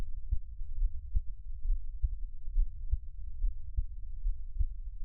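A normal adult heartbeat recorded with a close microphone, steady at about 70 beats per minute, with low-pitched thumps and no other sounds.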